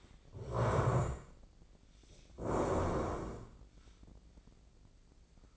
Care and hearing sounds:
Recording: daily activity, microphone in the room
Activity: stand up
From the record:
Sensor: 5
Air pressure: 1012.4 hPa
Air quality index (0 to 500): 150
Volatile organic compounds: 2 ppm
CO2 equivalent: 1032 ppm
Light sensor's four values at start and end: 270/649/276/304 and 270/647/275/303

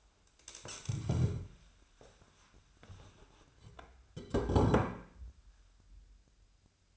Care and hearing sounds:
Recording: daily activity, microphone in the room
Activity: stand up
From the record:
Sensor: 2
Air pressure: 1015.1 hPa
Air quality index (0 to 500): 132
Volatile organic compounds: 4 ppm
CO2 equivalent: 1700 ppm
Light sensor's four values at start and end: 12/34/13/15 and 13/34/13/15

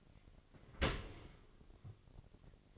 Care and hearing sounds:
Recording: daily activity, microphone in the room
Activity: open dishwasher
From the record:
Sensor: 4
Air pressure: 1007.7 hPa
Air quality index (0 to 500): 196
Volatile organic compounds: 7 ppm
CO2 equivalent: 1954 ppm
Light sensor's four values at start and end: 23/71/27/26 and 22/70/26/26

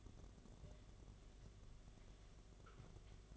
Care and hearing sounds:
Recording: daily activity, microphone in the room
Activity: take from stove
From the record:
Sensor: 4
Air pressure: 1011.1 hPa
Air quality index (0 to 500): 143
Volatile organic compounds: 3 ppm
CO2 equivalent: 1463 ppm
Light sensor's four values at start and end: 185/482/204/212 and 178/463/196/204

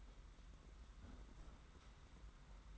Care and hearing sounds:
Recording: daily activity, microphone in the room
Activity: close fridge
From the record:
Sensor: 3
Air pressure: 991.8 hPa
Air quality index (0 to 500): 216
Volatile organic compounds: 1000 ppm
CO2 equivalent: 7374 ppm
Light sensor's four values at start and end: 33/98/40/34 and 33/98/40/34

